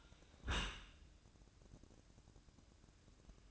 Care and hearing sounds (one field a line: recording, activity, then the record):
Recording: daily activity, microphone in the room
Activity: close dishwasher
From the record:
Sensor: 2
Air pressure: 1012.1 hPa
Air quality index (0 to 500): 148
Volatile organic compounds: 2 ppm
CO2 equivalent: 1086 ppm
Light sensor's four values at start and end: 399/987/402/407 and 397/983/400/406